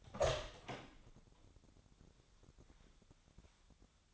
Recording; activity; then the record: daily activity, microphone in the room; open door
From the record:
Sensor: 3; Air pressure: 1007.3 hPa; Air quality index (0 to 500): 198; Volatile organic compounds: 16 ppm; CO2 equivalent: 2544 ppm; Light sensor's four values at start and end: 12/29/12/12 and 12/29/12/12